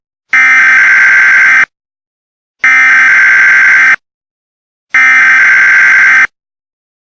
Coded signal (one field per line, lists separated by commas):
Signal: Emergency Alert System (SAME) tones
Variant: header bursts